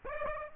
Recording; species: mosquito wingbeat signal from an infrared sensor; Aedes aegypti